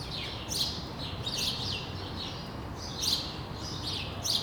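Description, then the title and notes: Sparrow chirps in short clustered bursts separated by brief pauses, over low steady background noise. Sparrows on Rue de l'épargne, Brussels, Belgium, on World Sparrow Day; Lom mikroUši microphones into Deity PR-2 recorder. "Rue de l'épargne, Bruxelles, Bruxelles-Capitale, Belgique - World Sparrow Day. Sparrows - moineaux"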